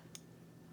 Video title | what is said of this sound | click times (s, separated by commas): How to Internally Wire Harley Handlebars - Twin Cam & M8 Step-by-Step DIY Tutorial | You might have heard that click, but now it's not coming out because it went past the clip that we undid earlier | 0.1 s